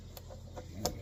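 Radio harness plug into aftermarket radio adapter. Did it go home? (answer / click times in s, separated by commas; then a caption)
yes / 0.9 s. The numbered radio harness plug, number seven, a plastic multi-pin connector, is lined up on its grooves and pushed into the aftermarket radio kit adapter during a stereo install in a Porsche 991.1 GT3RS. Faint taps at about 0.2 and 0.6 s lead to a sharp click at 0.9 s, and the plug is seated.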